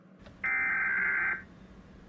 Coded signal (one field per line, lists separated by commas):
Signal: Emergency Alert System (SAME) tones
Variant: header bursts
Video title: “Rating EAS Alarms” But It Is In Plotagon